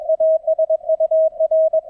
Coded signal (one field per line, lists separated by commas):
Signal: Morse code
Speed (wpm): 23 wpm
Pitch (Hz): 640 Hz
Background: none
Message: ASUR